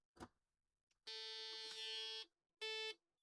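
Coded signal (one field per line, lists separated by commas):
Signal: beep code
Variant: Apple II dead test ROM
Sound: a click, then one long buzzy beep and one short buzzy beep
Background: quiet room, click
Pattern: 1 long, 1 short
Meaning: Data bit zero is bad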